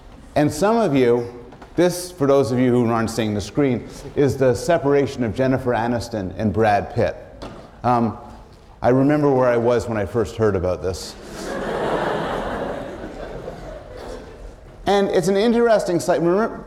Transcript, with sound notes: And some of you — this — for those of you who aren’t seeing the screen, is the separation of Jennifer Aniston and Brad Pitt. I remember where I was when I first heard about this. [laughter] And it’s an interesting sight.